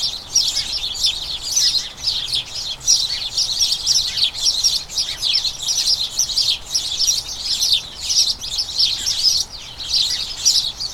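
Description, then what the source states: House sparrows chirping as a flock, a dense, unbroken chatter of short bright chirps overlapping throughout, rising and falling in loudness. About a dozen house sparrows, a colony, chattering incessantly in a small front garden as crocuses bloom, excitement signalling the colony turning toward the breeding season.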